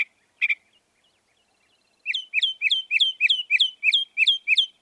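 Northern mockingbird song: two short harsh notes, then a rapid run of about ten identical hooked chirps repeated evenly, clean and loud against silence.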